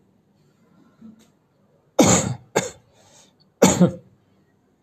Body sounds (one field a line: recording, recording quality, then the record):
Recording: shallow voluntary cough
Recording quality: excellent, no background noise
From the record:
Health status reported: healthy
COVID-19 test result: not tested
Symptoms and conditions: none ticked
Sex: male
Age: 50 years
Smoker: not ticked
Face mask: not worn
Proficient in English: yes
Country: India